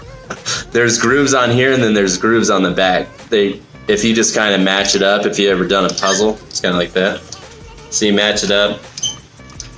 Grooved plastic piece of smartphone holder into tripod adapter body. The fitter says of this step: it clicks I guess